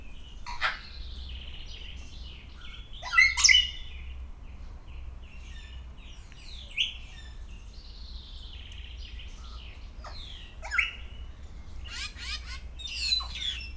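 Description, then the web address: Grey parrot calling with a mix of whistles, sliding notes and a few loud harsh squawks, scattered irregularly over a low hum. Captive grey parrot at Szeged Zoo, Hungary, 2011, calling continuously every day. "allathangok szegedizoo 2011 standardt jakopapagaj folyamatosanaprankent"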